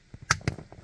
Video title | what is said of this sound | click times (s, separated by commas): Tips Installing Steering Angle Sensor SAS & Clockspring Toyota Matrix Wagon and others VSC Light | and you'll just push it and it'll click in place | 0.3 s